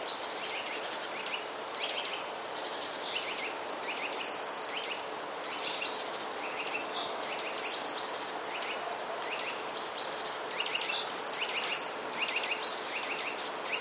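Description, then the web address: Eurasian blue tit singing three high, shimmering trills, each opened by a couple of sharp thin notes and spaced roughly three and a half seconds apart, faint twittering birds behind. "wroblowe teka spiew 3. modraszkoteka"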